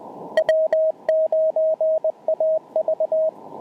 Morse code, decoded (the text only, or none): W9AV